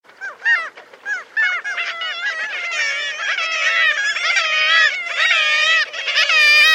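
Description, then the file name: Black-legged kittiwakes with loud, wavering nasal calls, starting as separate cries and building into a dense, clamorous chorus. "KRYKKJE"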